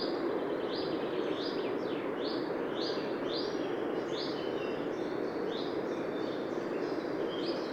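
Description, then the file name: Eurasian wren call: a long, even sequence of many high, sharp notes, set against heavy continuous rushing noise. "Troglodytes troglodytes"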